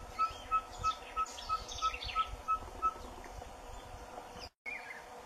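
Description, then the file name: Ferruginous pygmy owl giving a run of short whistled toots, about three per second, which stop partway through, with scattered faint bird chirps behind. "canto do cabure"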